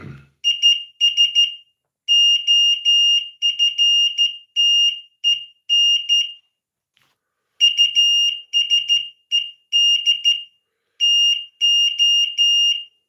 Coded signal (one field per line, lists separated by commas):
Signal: Morse code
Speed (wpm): 13 wpm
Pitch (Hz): 2850 Hz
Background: none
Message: IS OFTEN USED TO